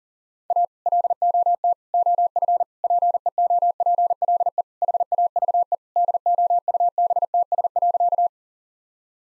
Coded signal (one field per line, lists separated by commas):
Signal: Morse code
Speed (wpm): 40 wpm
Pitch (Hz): 700 Hz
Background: none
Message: A LOT OF PEOPLE HAVE DOUBTS.